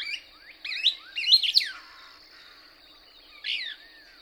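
Couch's Kingbird song, a rapid series of high twittering notes ending in a buzzy flourish, then a single slurred note after a pause.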